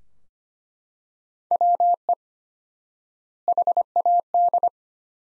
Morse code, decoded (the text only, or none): WE HAD